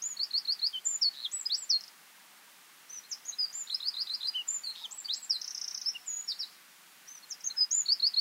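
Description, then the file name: Eurasian wren song of quick, piercing notes and trills in repeated bursts separated by short pauses. "Troglodytes troglodytes"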